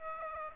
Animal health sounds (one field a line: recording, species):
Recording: mosquito wingbeat signal from an infrared sensor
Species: Aedes aegypti